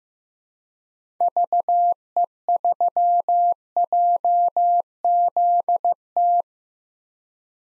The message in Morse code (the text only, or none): VE3JZT